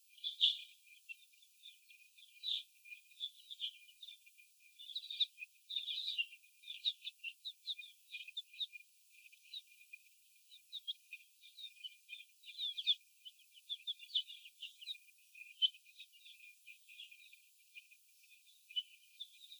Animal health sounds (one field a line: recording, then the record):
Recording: young laying hens in a cage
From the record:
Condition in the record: before the stressor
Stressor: sudden umbrella opening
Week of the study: 2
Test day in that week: 1